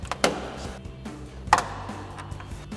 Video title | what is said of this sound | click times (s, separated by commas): 2019-2024 RAM 2500 OEM Style Halogen Fog Lights Review & Install | bumper, and we'll pop these clips into place. | 0.2 s, 1.5 s